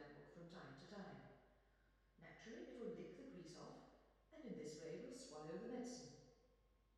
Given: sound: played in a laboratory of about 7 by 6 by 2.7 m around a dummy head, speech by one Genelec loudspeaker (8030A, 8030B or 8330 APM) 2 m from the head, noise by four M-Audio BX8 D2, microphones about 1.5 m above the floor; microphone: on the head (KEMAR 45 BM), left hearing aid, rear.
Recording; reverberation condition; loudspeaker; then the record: female speech in English; high; 90 degrees to the right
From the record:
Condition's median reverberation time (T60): about 1300 ms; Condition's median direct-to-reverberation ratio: about -4.0 dB